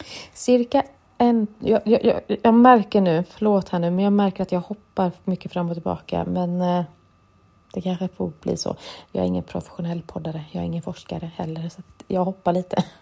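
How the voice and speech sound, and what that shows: An adult woman who stutters, speaking Swedish, repeats a one-syllable word four times before going on: whole-word repetitions typical of stuttering. Her stuttering is left unedited, and she describes both audible and inaudible stuttering.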